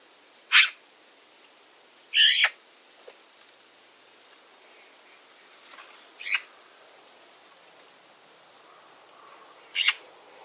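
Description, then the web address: Bird giving short, sharp, high calls, single or paired notes spaced irregularly, over faint background hiss. Bird call described as a 'pi pi pi pi' call. "cianscape birddata Deverinetal 2025"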